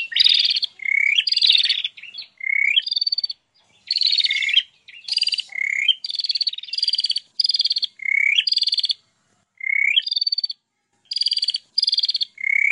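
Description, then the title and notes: Prinia song: short buzzy chirping phrases, each with a slurred note, repeated many times with brief gaps. Compilation of ciblek and prenjak birdsong intended for masteran, tutoring captive songbirds. "Kompilasi Suara Ciblek Prenjak Cocok Untuk Masteran. Kicau Burung Prenjak Ciblek"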